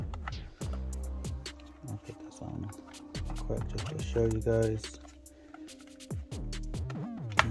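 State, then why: Seated. Someone talks over background music while pressing a removed plastic piece back onto the body of an Oculus Quest 2 VR headset. After several softer handling sounds, a sharp, loud plastic snap at 7.4 s marks the piece seating back in place.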